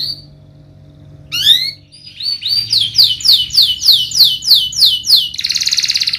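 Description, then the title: Domestic canary song: after a quiet start, swooping notes lead into a steady series of repeated slurred phrases, ending with a dense buzzy trill. Canary; Indonesian bird-keeping terms describe it as in full, lively song with its finest melodic phrasing and richest fill notes. "Kenari Gacor Cengkok Terbaik Isian Paling Mewah"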